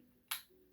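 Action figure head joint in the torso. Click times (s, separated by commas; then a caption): 0.3 s. A plastic action figure's head is rotated downward on its joint in the torso until it clicks into position. A single sharp, bright click sounds at 0.3 s and fades quickly against a quiet background. The head is seated in place.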